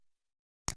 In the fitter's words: SD card slides in and clicks in place